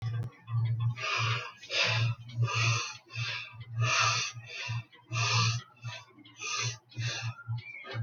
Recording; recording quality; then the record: shallow breathing; moderate, slight background noise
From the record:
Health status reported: healthy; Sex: female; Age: 24 years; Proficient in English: yes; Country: India